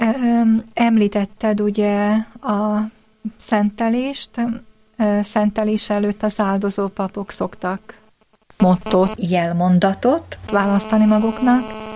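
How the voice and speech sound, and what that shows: An adult woman asks an interview question in Hungarian, speaking clearly and fluently with natural pauses; typical speech.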